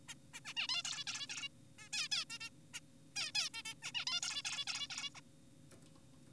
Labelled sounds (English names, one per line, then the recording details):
Zebra Finch
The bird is an adult
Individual g4p5U